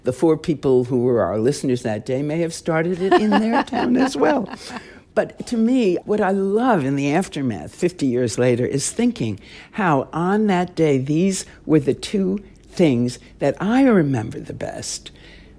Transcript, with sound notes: The four people who were our listeners that day may have started it in their town as well.
(Laughter).
But to me, what I love in the aftermath 50 years later is thinking how on that day, these were the two things that I remember the best,